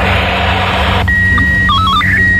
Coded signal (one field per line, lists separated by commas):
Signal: SSTV (slow-scan television)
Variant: PD 90